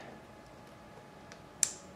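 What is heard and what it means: A spade connector terminal, lined up by its locking tab, is pushed into a plastic wiring plug housing while wiring the stator and CDI on a CX500 motorcycle. A faint tick at 1.3 s is followed by one sharp click at 1.6 s as the terminal seats fully in the housing.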